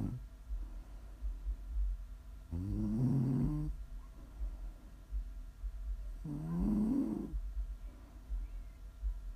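Snoring from a sleeping adult, with two loud, low-pitched snores about four seconds apart over a steady low rumble, made as ASMR for listening to sleep, relax or wind down.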